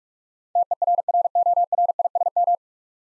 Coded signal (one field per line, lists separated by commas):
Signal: Morse code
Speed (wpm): 44 wpm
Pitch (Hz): 700 Hz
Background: none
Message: TERRORISM